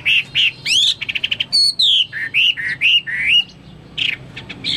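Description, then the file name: Chinese hwamei song, varied loud whistles, a quick stuttering run, and slurred up-and-down phrases with brief pauses. "omkicau hwamei"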